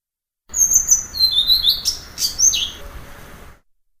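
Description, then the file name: Blue-throated flycatcher song: one phrase of high clear whistles and downslurred notes with a couple of sharp chips. "kicau sikatan blue throated. omkicau"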